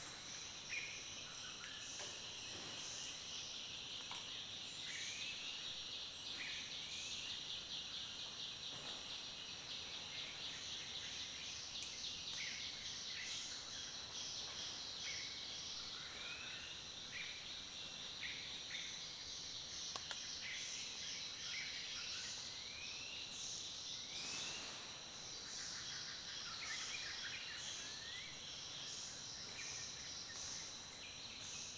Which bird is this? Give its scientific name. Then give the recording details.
Neocossyphus poensis. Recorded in Kibale, Uganda